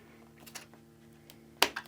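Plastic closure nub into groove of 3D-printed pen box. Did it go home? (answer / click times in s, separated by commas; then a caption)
yes / 1.6 s. A small 3D-printed plastic closure piece with a nub is pushed into its groove on a 3D-printed pen gift box. After a few faint taps and scrapes, a sharp, bright snap at 1.6 s marks the closure seating into place, followed by a softer tap.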